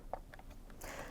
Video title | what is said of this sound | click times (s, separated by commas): Karcher Hose Connection Problem? - Easily SOLVED by you! | so turn the hose in either direction working it around until it audibly clicks into place | 0.1 s